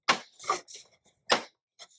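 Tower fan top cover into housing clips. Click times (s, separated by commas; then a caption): 0.1 s, 0.5 s, 1.3 s. The plastic snap clips of a Lasko tower fan's top cover are pushed into the housing by hand and snap home with sharp clicks at 0.1, 0.5 and 1.3 seconds. All five clips end up seated.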